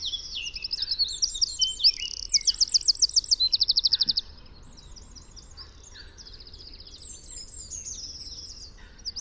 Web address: chant Troglodyte